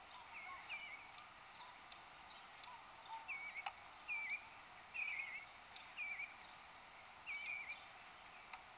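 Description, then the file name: Eastern bluebird uttering soft, slurred, warbling call notes repeated several times, faint against a background hiss. Recorded 1 January 2015. "EABL-1-Jan-2015"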